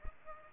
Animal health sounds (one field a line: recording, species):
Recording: mosquito wingbeat signal from an infrared sensor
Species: Aedes aegypti